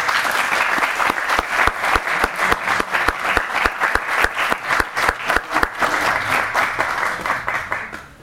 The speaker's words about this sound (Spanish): Un aplauso, por favor.